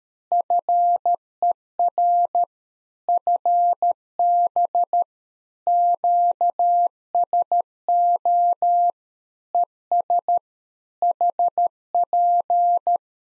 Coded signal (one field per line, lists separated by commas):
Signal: Morse code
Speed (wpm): 13 wpm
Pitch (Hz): 700 Hz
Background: none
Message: FER FB QSO ES HP